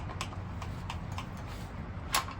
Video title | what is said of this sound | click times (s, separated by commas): Pact 3 Shot Timer! Should I do reloads? | hear that click | 2.1 s